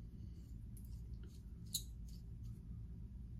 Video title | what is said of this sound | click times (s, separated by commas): Asylum Injector Razor from BullGoose Shaving & PAA Tea Party 508. | locks this down tight there's no slack no looseness | 1.8 s